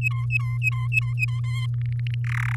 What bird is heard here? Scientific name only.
Serinus canaria